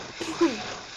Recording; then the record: coughing mixed with background sound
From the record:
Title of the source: 61 morning phlegmy cough...again